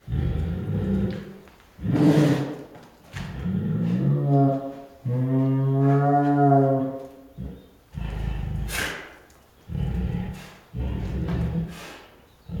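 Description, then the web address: Bengal tiger growls and moaning calls, a series of deep, harmonic bursts of one to three seconds each. Female Bengal tiger in captivity at a zoo, giving annoyed calls and growls. "Sound Ideas Tigers Sound Effects"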